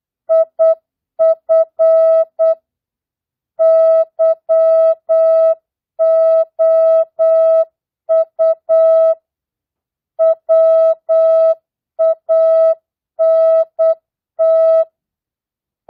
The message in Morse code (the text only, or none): IF YOU WANT